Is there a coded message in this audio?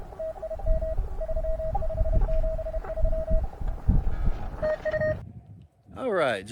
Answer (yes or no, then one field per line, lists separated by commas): yes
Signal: Morse code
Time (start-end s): 0.2-6.4 s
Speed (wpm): 31 wpm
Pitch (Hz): 620 Hz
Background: speech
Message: TIM 3573 TU S